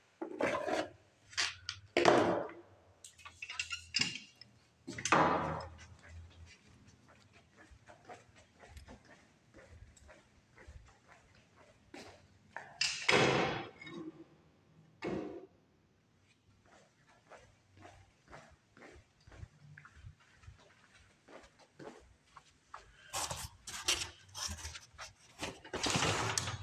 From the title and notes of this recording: As well as elevator sounds, walking, trash bags and doors.